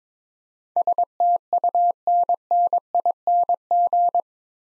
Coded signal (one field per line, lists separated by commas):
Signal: Morse code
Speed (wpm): 23 wpm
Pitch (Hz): 700 Hz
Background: none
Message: STUNNING